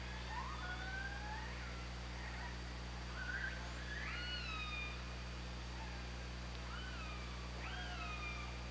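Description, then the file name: Orca calls, a sequence of gliding harmonic calls that rise, hold and drop, with constant background hiss and hum. Recorded on an OrcaLab hydrophone, 24 August 2017, 22:54. "Orca Lab UTLN JASON 20170824 225402"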